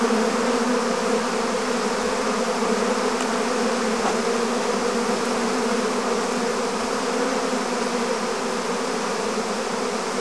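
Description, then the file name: Swarm of bees giving a thick, unbroken buzzing drone, many wingbeats blending into a steady hum with faint brief ticks. "Digiffects Sound Effects Library - Swarm of Bees"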